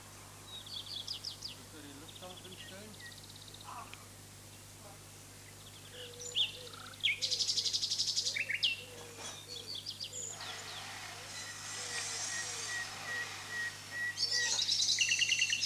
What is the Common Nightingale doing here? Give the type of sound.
song